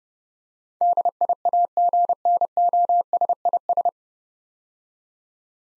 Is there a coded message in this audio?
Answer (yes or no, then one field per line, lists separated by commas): yes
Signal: Morse code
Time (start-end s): 0.8-3.9 s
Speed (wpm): 30 wpm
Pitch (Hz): 700 Hz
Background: none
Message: DIAGNOSIS